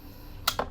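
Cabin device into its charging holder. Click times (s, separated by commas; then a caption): 0.5 s. A cabin device that had not been inserted correctly is pushed into its charging holder and seats with a sharp click at 0.5 s, followed by a softer second click at 0.6 s, over a low steady background. The device is now seated in the holder.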